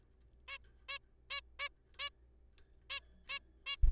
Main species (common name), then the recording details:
Zebra Finch. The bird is a juvenile. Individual R3428